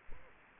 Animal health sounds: mosquito wingbeat signal from an infrared sensor; Aedes aegypti

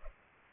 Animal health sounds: mosquito wingbeat signal from an infrared sensor; Culex pipiens

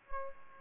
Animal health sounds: mosquito wingbeat signal from an infrared sensor; Aedes albopictus

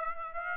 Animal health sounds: mosquito wingbeat signal from an infrared sensor; Aedes aegypti

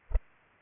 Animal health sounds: mosquito wingbeat signal from an infrared sensor; Culex pipiens

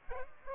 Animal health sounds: mosquito wingbeat signal from an infrared sensor; Aedes aegypti

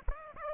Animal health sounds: mosquito wingbeat signal from an infrared sensor; Aedes aegypti

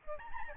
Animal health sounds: mosquito wingbeat signal from an infrared sensor; Aedes albopictus

